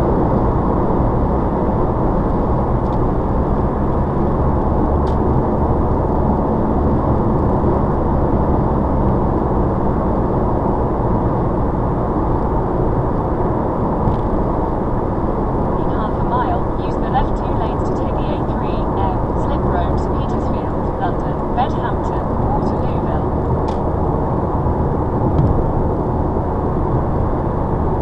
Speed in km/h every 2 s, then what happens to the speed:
111, 108, 108, 109, 108, 106, 106, 105, 98, 98, 97, 101, 103, 106.
0-19 slows to 97. 19-28 speeds up to 106.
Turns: none.